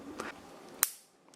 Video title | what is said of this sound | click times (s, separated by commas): Ruger Precision Rimfire Case Extraction Problem FIXED! | that pops right in there and we are good to go so see | 0.8 s